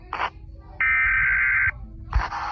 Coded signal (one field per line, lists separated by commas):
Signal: Emergency Alert System (SAME) tones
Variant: header bursts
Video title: Eas scenario sonic exe / waring it could be creepy